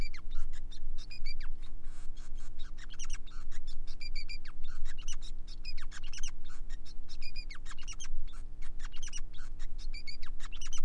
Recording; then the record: song of a male Bengalese finch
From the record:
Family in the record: son of father 5